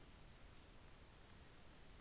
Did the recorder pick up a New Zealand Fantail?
no